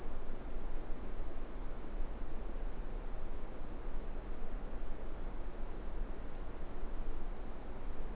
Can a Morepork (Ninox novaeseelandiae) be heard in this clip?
no